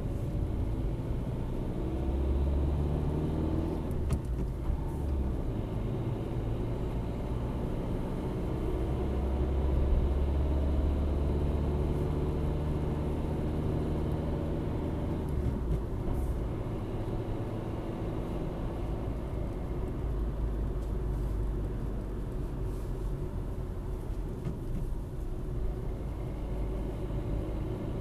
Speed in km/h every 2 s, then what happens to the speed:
28, 37, 42, 48, 56, 59, 60, 60, 59, 55, 49, 45, 41, 41.
0-9 speeds up to 59. 9-16 steady at about 59. 16-23 slows to 41.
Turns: none.